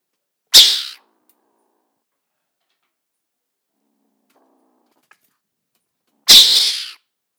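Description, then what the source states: Mongoose hissing twice, each burst a short, rough, airy rush of sound, the two separated by about five seconds of quiet. Recorded in summer 2014.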